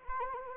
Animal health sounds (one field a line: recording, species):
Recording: mosquito wingbeat signal from an infrared sensor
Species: Anopheles arabiensis